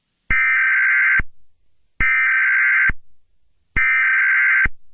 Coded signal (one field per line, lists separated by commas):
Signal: Emergency Alert System (SAME) tones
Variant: header bursts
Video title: Among The Walking Dead - EAS Zombie Scenario